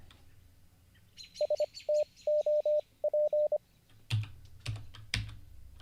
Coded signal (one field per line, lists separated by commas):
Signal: Morse code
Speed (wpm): 25 wpm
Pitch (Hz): 600 Hz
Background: none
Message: STOP